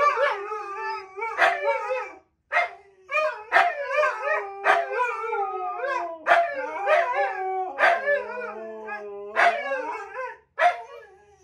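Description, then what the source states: Siberian Husky: duet of long howls, one voice dropping to a low held tone while the other yelps and warbles in rapid choppy bursts. Two huskies howling together as a duet inside an apartment; the neighbours are said to be shocked.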